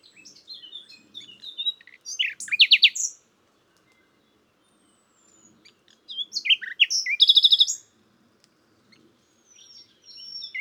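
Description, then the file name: Common nightingale singing two loud phrases of sharp, buzzy trills and chirps, separated by pauses, with a softer high phrase starting at the end. "Luscinia megarhynchos"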